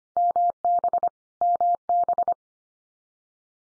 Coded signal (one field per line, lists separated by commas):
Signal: Morse code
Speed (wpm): 25 wpm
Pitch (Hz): 700 Hz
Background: none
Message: MB MB